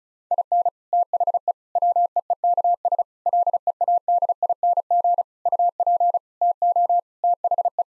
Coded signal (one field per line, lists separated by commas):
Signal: Morse code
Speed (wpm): 36 wpm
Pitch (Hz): 700 Hz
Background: none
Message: IN THE WEEKS LEADING UP TO THE